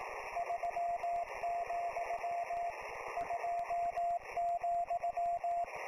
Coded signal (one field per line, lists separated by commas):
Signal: Morse code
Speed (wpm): 18 wpm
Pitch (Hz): 690 Hz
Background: radio noise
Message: 3, 2,